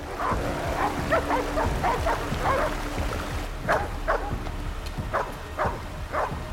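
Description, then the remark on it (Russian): Several dogs with their owners on a low river bank bark in short, repeated yips over steady background noise, with some higher whimpering cries mixed in between the barks. “Собаки и их хозяева останавливаются на низком берегу реки.”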